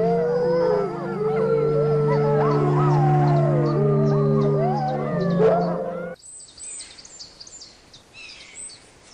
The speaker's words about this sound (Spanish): Pero luego los lobos de Sean responden con el aullido correcto, exactamente como lo harían los lobos salvajes.